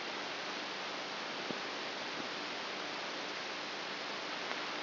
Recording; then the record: brain microelectrode recording played as sound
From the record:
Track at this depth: inside the subthalamic nucleus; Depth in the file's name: 5.84 mm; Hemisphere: right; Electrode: 2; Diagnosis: Parkinson's disease